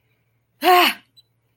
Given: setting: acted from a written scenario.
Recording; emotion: vocal sound without words; negative surprise